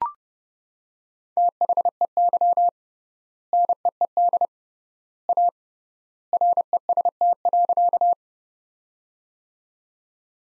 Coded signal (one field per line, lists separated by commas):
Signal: Morse code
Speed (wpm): 30 wpm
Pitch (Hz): 700 Hz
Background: none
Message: THEY NEED A REST.